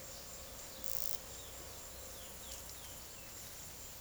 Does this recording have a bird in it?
yes